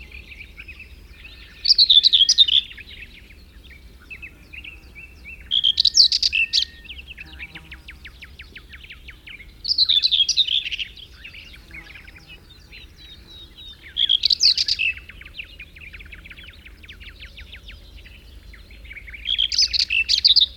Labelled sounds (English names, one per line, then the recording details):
Common Whitethroat song
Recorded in the wild
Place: Primorsko, Burgas, BG
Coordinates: 42.268, 27.753
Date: 1974-06-01
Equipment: Nagra III BH, Sennheiser MD 21, parabola
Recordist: Schubert, Michael